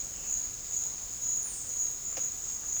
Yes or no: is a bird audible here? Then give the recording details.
no. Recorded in dense forest near Puerto Asís, Putumayo, Colombia, on 9 March 2025 at 17:00. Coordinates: 0.484, -76.325. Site G045